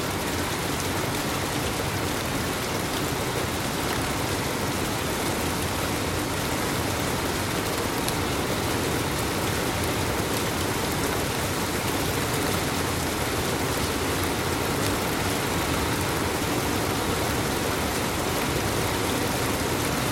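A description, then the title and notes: Steady, dense rain hisses evenly across all twenty seconds, a constant wash with a faint low rumble beneath and no distinct events. Rain.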